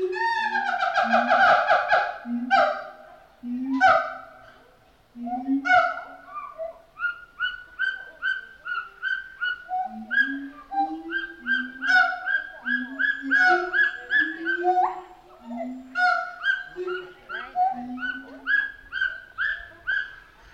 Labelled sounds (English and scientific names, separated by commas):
Pileated Gibbon (Hylobates pileatus)